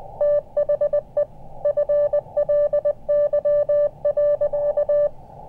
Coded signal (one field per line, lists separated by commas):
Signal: Morse code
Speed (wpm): 20 wpm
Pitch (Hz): 590 Hz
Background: none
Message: THE FLY.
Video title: CHEAP Antenna Field Test | Elecraft KX2 Tuner | Ham Radio CW Contest